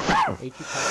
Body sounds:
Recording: coughing mixed with background sound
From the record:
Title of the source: Heavy cold and sore throat coughing.

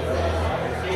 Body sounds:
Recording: background sound without coughing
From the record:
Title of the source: CITY SOUNDS Busy Bar in the Evening Night - 2 HOURS of Ambiance for Relaxation

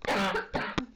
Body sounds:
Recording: coughing mixed with background sound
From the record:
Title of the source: Barking cough - # 10

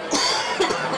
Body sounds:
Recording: coughing mixed with background sound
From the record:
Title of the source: Dry Coughing Fit in the Afternoon.

